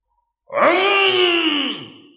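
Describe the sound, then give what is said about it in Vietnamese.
A single long, loud bellow from a buffalo in anger and grief, a harmonically rich, moaning call that holds steady for over a second and then slowly sinks in pitch as it fades. “Một tiếng trâu rống phẫn nộ bi thương vang lên”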